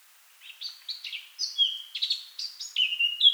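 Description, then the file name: Eurasian blackcap delivering a short, rapid warble of varied chirps ending in clear, sustained whistled notes. "Sylvia atricapilla"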